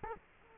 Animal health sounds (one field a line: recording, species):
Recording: mosquito wingbeat signal from an infrared sensor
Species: Culex quinquefasciatus